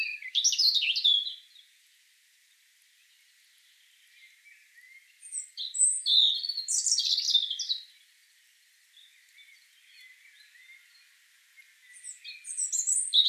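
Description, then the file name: European robin singing separate high, sweet phrases: one near the start, a varied twittering burst midway and another beginning at the end, with quiet gaps between. "Erithacus rubecula"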